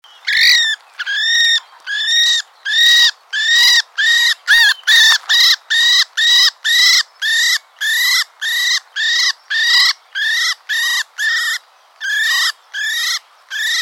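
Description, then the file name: Common blackbird calling persistently, a long run of many harsh, harmonic notes. "Turdus merula"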